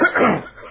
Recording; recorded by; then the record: voluntary cough; telephone call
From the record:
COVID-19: positive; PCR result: checked with the laboratory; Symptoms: no